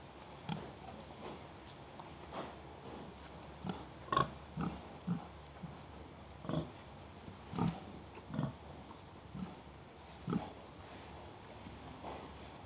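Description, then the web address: Pig grunts, brief low grunts spaced roughly a second apart over a steady background hiss. Three pigs grunting occasionally; livestock. "BBC Sound Effects Library BBC Livestock Three Pigs Grunting Occasionally"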